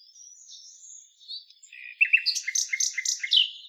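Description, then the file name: Common nightingale: a faint thin whistle, then a quick energetic phrase of repeated rich, rattling notes. "Luscinia megarhynchos"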